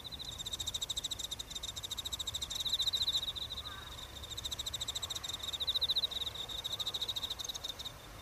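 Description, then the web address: Evening cicada song: a rapid, metallic pulsed trill, swelling louder and fading in waves throughout. "kanakana enma"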